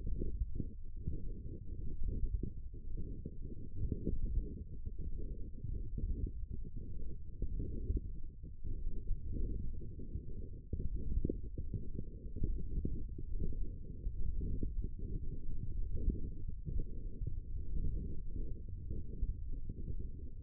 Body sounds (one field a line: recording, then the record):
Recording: forearm muscle sounds (acoustic myography)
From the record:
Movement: wrist extension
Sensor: system 1, eight BSWA MPA416 microphones around the upper forearm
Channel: 7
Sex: male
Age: 18 years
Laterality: right